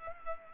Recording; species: mosquito wingbeat signal from an infrared sensor; Culex pipiens